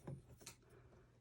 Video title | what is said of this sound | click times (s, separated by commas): Rejoice Snap Frame | magnetic corners and the magnetic dots right there, so that it just snaps right in, | 0.5 s